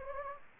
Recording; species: mosquito wingbeat signal from an infrared sensor; Anopheles gambiae